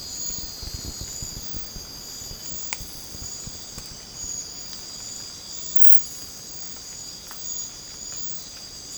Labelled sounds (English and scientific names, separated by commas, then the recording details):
none
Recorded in secondary vegetation near Puerto Asís, Putumayo, Colombia, on 20 December 2024 at 04:00
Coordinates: 0.499, -76.323
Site G010